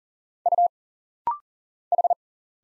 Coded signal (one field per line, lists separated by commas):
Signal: Morse code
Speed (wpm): 40 wpm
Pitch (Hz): 700 Hz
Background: none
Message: U H